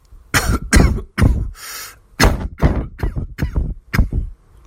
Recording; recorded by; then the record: voluntary cough; messaging app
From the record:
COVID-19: negative